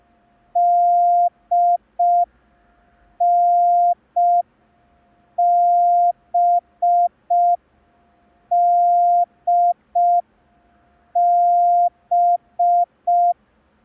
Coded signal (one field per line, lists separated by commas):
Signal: Morse code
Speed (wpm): 5 wpm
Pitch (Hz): 700 Hz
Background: none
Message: DNBDB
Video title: [MC–02] Learn Morse Code in 10 Days (Day 2) – ASOC Tutorials India